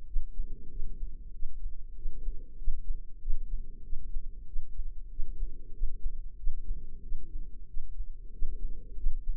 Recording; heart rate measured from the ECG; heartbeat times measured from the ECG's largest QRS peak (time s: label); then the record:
heart sounds by microphone in the left ear; 94 bpm
0.06 s: heartbeat
0.69 s: heartbeat
1.32 s: heartbeat
1.95 s: heartbeat
2.57 s: heartbeat
3.20 s: heartbeat
3.83 s: heartbeat
4.46 s: heartbeat
5.09 s: heartbeat
5.73 s: heartbeat
6.37 s: heartbeat
7.02 s: heartbeat
7.67 s: heartbeat
8.32 s: heartbeat
8.96 s: heartbeat
From the record:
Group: healthy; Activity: rest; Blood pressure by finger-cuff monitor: 120/74 mmHg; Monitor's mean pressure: 89 mmHg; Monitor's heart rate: 95 bpm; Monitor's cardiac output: 6.4 L/min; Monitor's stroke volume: 67 mL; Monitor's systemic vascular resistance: 1020 dyn s/cm5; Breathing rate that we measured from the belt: 20 breaths a minute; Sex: female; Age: 43 years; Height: 160 cm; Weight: 90 kg